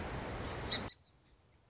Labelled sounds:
Song Sparrow (Melospiza melodia)
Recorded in Sonoma County, California

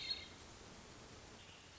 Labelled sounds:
Hermit Thrush (Catharus guttatus)
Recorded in Sonoma County, California

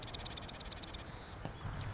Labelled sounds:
Marsh Wren (Cistothorus palustris)
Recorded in Sonoma County, California

